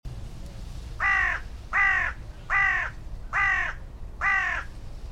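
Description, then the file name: Carrion crow giving five harsh, hoarse caws spaced about every 0.8 seconds, each steady and even, over a low background rumble. "Corvus corone"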